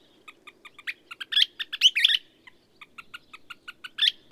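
Bird song in a short, busy passage: clicky notes packed closely around two loud, warbling bursts of chirps, then more ticks and a final short flourish.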